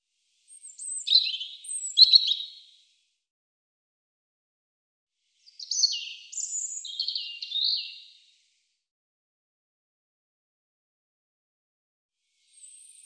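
European robin song: high trickling phrases of thin notes and twitters, two main bursts with silence between and a faint high note near the end.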